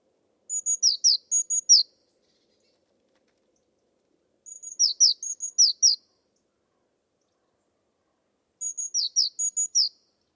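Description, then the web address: Bird repeating a high phrase about every four seconds: steady whistled notes alternating with sharp, descending chirps. Bird-only recording from a 2025 bird dataset. "File origin Bird Only"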